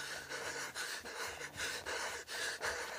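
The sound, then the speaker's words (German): Heavy, rapid panting with harsh, breathy gasps in a steady uneven rhythm, each breath a rough hiss of air, with no talking over it. “Und Atem atmet wieder.”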